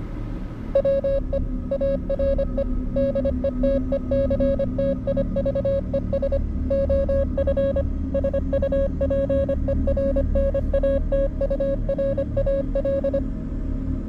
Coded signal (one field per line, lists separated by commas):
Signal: Morse code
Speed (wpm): 25 wpm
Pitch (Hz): 550 Hz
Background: none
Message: WE ARE DETECTIVES OF SUPERNATURAL